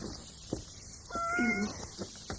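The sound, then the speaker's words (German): A cat gives a single drawn-out meow, its pitch bending and wavering over about half a second, standing alone against a faint background hiss with a few soft clicks. “Himmel, hast du mich erschreckt, du Katzentier.”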